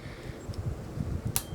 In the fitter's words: the left you'll hear a click and now i have a new lens on